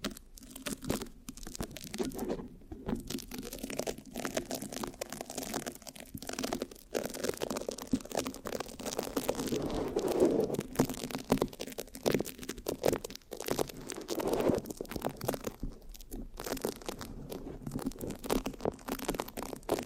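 Mic scratching with sticky, tearing crackles, dense and irregular, with brief pauses and louder rubbing bursts around ten and fifteen seconds.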